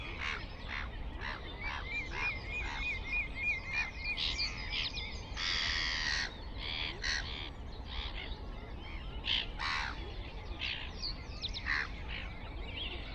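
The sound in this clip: Black-headed gull rasping cries from a busy group, short harsh notes in quick succession over steady low noise.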